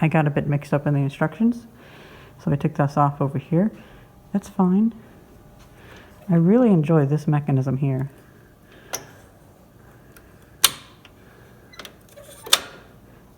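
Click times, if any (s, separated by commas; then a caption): 10.6 s, 12.5 s. Someone talks during the reassembly of a 12-ink 2008 HP Z3200 large-format inkjet printer, followed by a few quieter ticks as the print head carriage latch mechanism is closed over the installed print heads. The latch then snaps shut with sharp, loud clicks at 10.7 s and 12.5 s. It clicks home and is seated.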